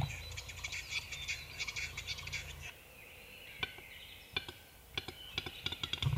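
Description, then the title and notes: Western capercaillie display: a run of knocking clicks, then a quiet gap followed by scattered sharp clicks. "Metso. Pertti Koskimies"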